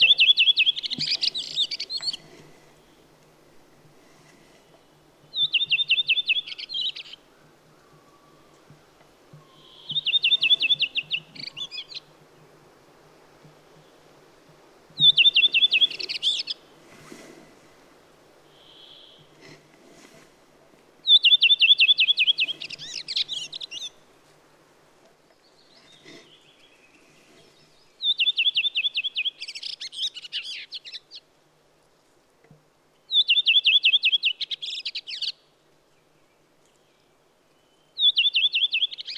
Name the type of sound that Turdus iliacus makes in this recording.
song